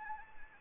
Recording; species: mosquito wingbeat signal from an infrared sensor; Anopheles gambiae